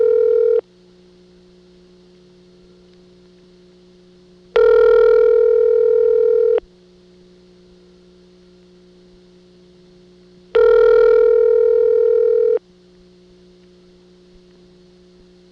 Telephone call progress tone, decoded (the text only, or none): ringback tone